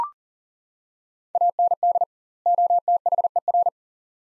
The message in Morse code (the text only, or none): AND OTHER